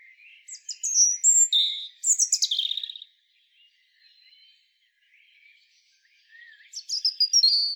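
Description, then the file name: European robin giving a rich phrase of piercing whistles and rapid trills, falling silent, then beginning another bright, high phrase near the end. "Erithacus rubecula"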